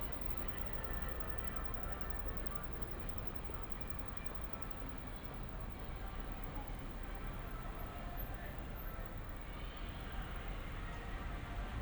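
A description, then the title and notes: Walking through Shibuya in Tokyo: a steady, dense wash of crowd chatter and traffic rumble, with a faint high whine drifting in midway. 3D AUDIO Walking in Shibuya 渋谷 Tokyo, Japan.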